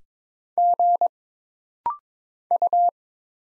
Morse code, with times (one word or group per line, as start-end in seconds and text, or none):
0.6-1.1 G
2.5-2.9 U